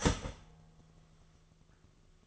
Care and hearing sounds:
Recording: daily activity, microphone in the room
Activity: start toaster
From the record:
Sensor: 4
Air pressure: 1015.5 hPa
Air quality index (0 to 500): 195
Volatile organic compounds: 9 ppm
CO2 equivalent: 2182 ppm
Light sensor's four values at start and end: 4/9/3/3 and 4/9/3/3

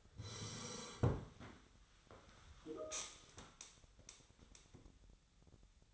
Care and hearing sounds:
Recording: daily activity, microphone in the room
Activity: sit down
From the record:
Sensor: 3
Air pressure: 1015.2 hPa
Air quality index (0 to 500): 138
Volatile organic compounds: 7 ppm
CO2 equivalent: 1963 ppm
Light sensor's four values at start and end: 15/38/15/17 and 15/38/15/16

